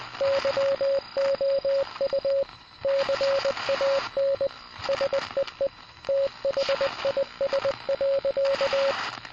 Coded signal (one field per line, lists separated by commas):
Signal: Morse code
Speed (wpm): 20 wpm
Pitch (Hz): 550 Hz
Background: radio noise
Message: YOU CAN SEE THIS.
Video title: Morse code